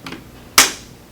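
The speaker assembly of an HP Chromebook G4 EE laptop, its cable threaded under the hooks in the center of the chassis, is pushed down into its plastic mount. A faint tap at 0.1 s is followed by a sharp, bright click at 0.6 s that fades quickly. The speaker assembly is seated in place.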